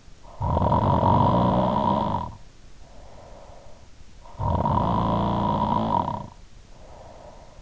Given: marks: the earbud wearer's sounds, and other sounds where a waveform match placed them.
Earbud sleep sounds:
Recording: sounds in sleep by an in-ear microphone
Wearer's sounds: snoring breath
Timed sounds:
0.00-3.92 s: snoring breath
4.22-7.54 s: snoring breath

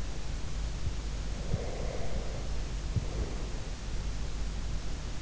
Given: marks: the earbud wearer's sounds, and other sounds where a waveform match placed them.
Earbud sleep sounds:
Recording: sounds in sleep by an in-ear microphone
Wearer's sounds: breath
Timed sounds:
1.42-3.46 s: breath

